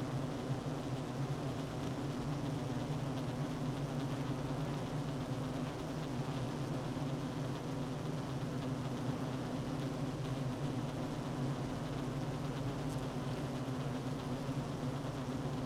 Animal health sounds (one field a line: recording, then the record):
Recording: honeybee colony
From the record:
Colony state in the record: active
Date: 12 June 2018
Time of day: 9:42